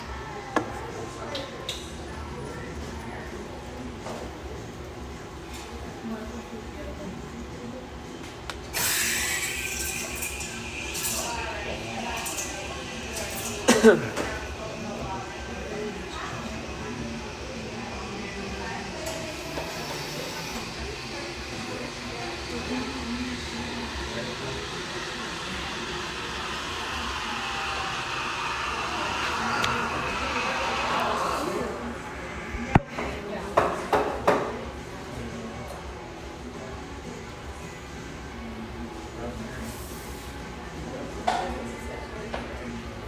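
Lively ambience in a rustic bayside coffeeshop, with a steady bed of overlapping voices and chatter throughout. From about 9 to 31 seconds a bright hissing whine rises over the crowd, like a steamer running, and sharp clinks and clatters pop out near 14, 33 and 35 seconds.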